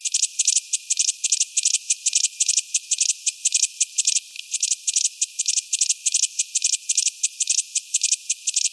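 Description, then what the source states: Cicada song, a high dry buzzy chirping in rapid clusters, repeated several times a second almost without pause, with a brief gap midway. New Zealand species.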